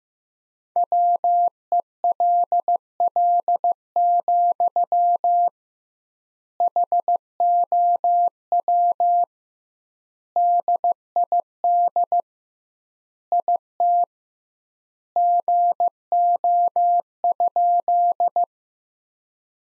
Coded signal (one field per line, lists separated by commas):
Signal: Morse code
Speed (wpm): 15 wpm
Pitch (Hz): 700 Hz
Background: none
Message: WELL, HOW DID IT GO?